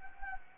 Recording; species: mosquito wingbeat signal from an infrared sensor; Anopheles arabiensis